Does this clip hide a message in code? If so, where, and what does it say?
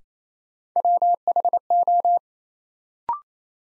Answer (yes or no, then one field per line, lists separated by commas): yes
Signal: Morse code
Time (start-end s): 0.8-2.2 s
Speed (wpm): 28 wpm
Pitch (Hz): 700 Hz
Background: none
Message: WHO